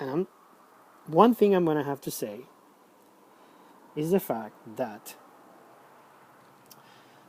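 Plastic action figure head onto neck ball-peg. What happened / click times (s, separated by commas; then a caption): The small plastic head did not snap onto its peg / none. Someone talks while a swappable plastic action figure head with a hoodie detail is pushed onto the figure's ball-joint neck peg. Only a faint, brief tick is heard near 6.7 s, and it is not a pop. The head does not go all the way down and has not popped or seated, unlike the other head, which pops on and is fully secure.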